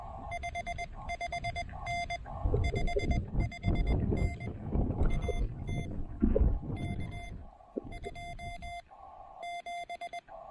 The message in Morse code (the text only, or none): 55N 55N AT K 27